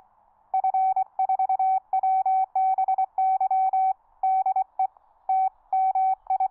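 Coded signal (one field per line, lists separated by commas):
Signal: Morse code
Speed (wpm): 24 wpm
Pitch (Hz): 760 Hz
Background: none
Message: F4WBY DE TMI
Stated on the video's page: QRP contacts on 30m at 2 W from an ME-30 (SW+30) rig with a 17 ft QRP Guys Tri-Band vertical, operated outdoors.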